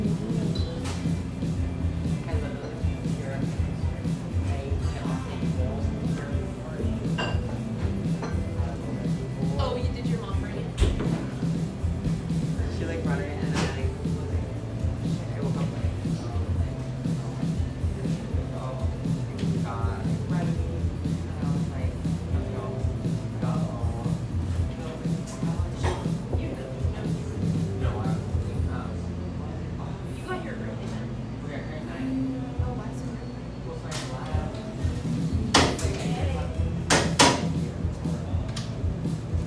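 Café chatter fills the whole stretch, a dense and steady murmur of overlapping voices with a low, thick hum beneath. Sharp clinks of dishes and cutlery cut through now and then, most noticeably near the end, and the crowd noise eases briefly around the half-minute mark.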